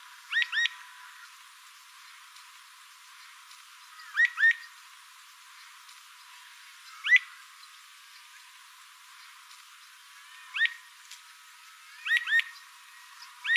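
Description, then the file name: Rufous-fronted thornbird song: short, sharply upslurred chirps, mostly given in pairs, spaced irregularly a few seconds apart, over quiet background hiss. "Canto do mexeriqueira"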